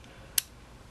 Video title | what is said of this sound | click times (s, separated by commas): Ultra Act Thunder Gridman Review | it just snaps in place and actually makes it easier to swap the arm on the hands which | 0.4 s